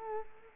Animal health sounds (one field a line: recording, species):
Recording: mosquito wingbeat signal from an infrared sensor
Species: Culex quinquefasciatus